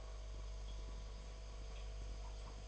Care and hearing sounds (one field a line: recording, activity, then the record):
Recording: daily activity, microphone in the room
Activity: make coffee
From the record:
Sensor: 5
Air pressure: 1009.5 hPa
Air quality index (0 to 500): 168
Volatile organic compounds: 4 ppm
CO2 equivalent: 1629 ppm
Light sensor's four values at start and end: 93/246/100/106 and 93/246/100/106